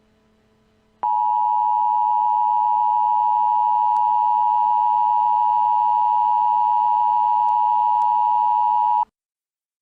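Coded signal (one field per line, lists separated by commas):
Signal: Emergency Alert System (SAME) tones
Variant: 853 and 960 Hz attention tone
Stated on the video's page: Fictional EAS scenario made with an EAS simulator program.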